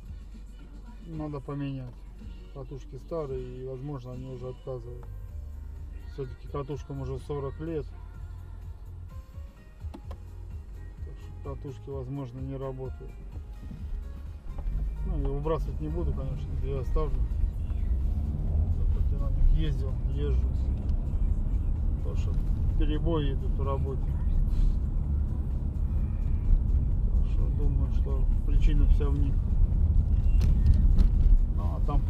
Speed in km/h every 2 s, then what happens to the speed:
1, 0, 0, 0, 0, 0, 0, 5, 15, 24, 35, 40, 40, 39, 38, 38.
0-13 standing. 13-21 pulls away to 40. 21-32 steady at about 39.